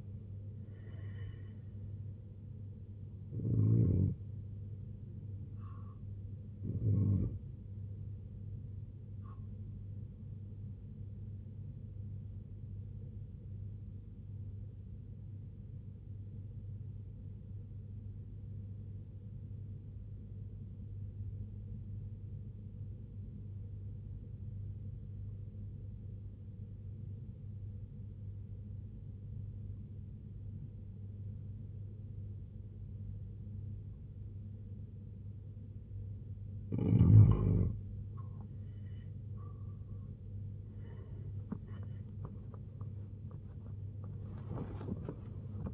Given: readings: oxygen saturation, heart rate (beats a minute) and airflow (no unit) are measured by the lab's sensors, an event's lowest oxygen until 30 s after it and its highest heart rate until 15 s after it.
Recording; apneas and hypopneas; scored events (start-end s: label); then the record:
breathing in sleep by a smartphone at the bedside; 1
15.00-45.74 s: new sleep stage, N2 (light sleep)
16.00-36.70 s: obstructive apnea (N2, oxygen 95% highest, then 85% lowest, heart rate 68 at the start, 92 highest)
From the record:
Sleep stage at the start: N1 (lightest sleep); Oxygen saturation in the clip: 86 to 95%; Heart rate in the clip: 64 to 89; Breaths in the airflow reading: 6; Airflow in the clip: -10.6 to 12.2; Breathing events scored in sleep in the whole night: 258 in 7.4 hours asleep